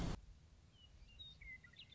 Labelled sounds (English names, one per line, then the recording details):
Western Meadowlark
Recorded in Sonoma County, California